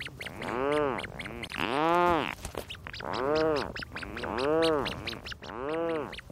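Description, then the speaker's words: Rhinoceros auklet calls: harmonically rich, arched groans repeated in a steady series, overlapping from several birds. Several adults with chicks at an island wildlife refuge in the Strait of Juan de Fuca, Pacific coast; adults return at night with fish for the single chick in its burrow. "These are several rhinoceros auklets with their chicks, recorded at Protection Island National Wildlife Refuge in the Strait of Juan de Fuca off the Pacific coast."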